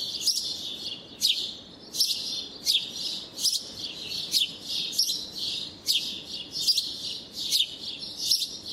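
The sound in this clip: House sparrow chirping, loud harsh chirps repeated a little over once a second with irregular spacing, above a continuous high twittering chatter.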